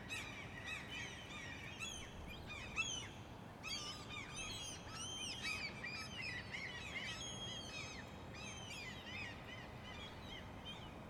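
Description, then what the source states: A flock of gulls keeps up a constant chorus of yelps and squeals, many birds overlapping, with a continuous low background hiss. Many gulls calling together.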